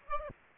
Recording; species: mosquito wingbeat signal from an infrared sensor; Aedes aegypti